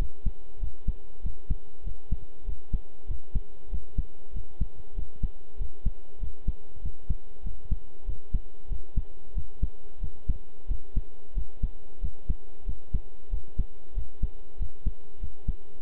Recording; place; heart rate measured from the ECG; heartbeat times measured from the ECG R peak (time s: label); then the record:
heart sounds by stethoscope; between the tricuspid and mitral areas; 95 bpm
0.58 s: heartbeat
1.21 s: heartbeat
1.83 s: heartbeat
2.44 s: heartbeat
3.06 s: heartbeat
3.69 s: heartbeat
4.32 s: heartbeat
4.94 s: heartbeat
5.56 s: heartbeat
6.18 s: heartbeat
6.80 s: heartbeat
7.42 s: heartbeat
8.04 s: heartbeat
8.67 s: heartbeat
9.33 s: heartbeat
9.99 s: heartbeat
10.66 s: heartbeat
11.33 s: heartbeat
11.99 s: heartbeat
12.64 s: heartbeat
13.29 s: heartbeat
13.93 s: heartbeat
14.57 s: heartbeat
15.19 s: heartbeat
15.81 s: heartbeat
From the record:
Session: pedaling a stationary bicycle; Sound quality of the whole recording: good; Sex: male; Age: 23 years